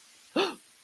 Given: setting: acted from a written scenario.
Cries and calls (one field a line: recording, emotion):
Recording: vocal sound without words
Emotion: fear